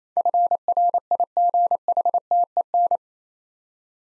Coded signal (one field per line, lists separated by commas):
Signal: Morse code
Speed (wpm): 27 wpm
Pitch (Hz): 700 Hz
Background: none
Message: FRIGHTEN